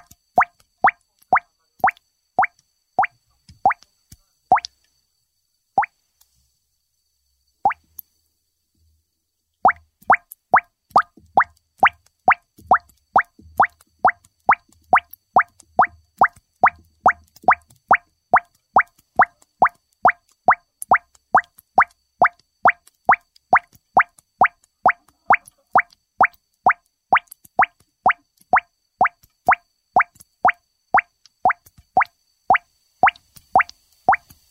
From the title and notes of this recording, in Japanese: 懐かしの化学実験によって得られる「純粋な」泡の音。二酸化マンガンに過酸化水素水を加え、酸素を発生させます。発生した酸素が水上置換法によって水面から出てくる時の泡の音。